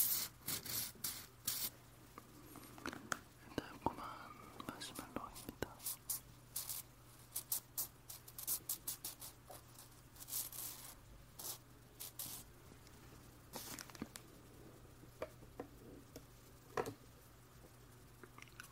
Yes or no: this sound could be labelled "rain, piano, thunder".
no